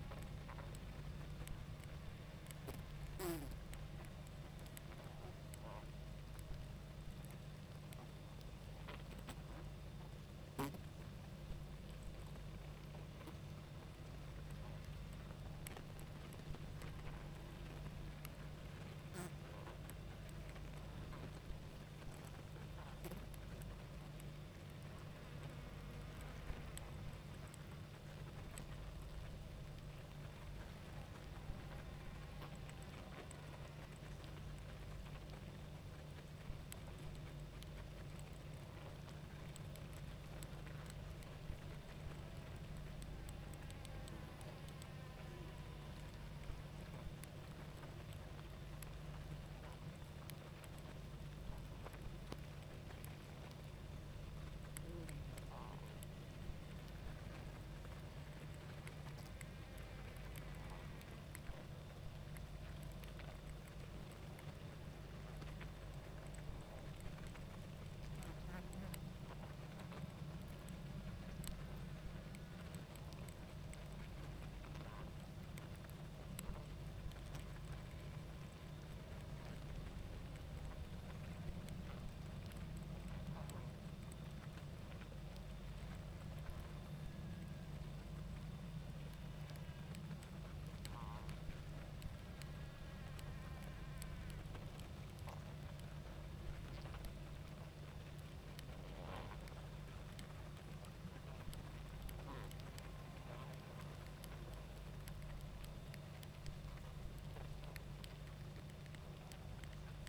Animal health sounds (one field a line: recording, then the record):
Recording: honeybee colony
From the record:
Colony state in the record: active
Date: 28 July 2017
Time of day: 20:46